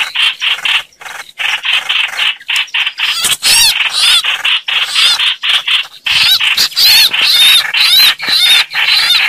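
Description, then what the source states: Red-whiskered bulbul distress calls: choppy harsh rasps at first, then excited whistled, wavering phrases over continuous scolding chatter. Distress call (crying for help).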